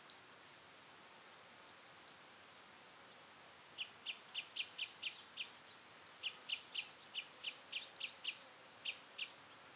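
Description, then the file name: European robin calls, rapid runs of high, sharp ticking notes in bursts separated by short pauses, against a quiet background. "Erithacus rubecula"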